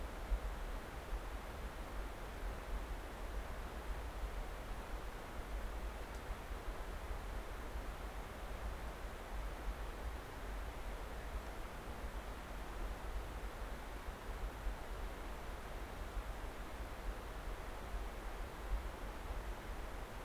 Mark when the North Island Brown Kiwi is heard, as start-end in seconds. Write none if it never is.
none